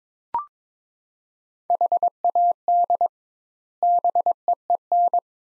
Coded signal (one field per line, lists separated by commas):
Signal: Morse code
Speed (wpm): 22 wpm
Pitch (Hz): 700 Hz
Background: none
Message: HAD BEEN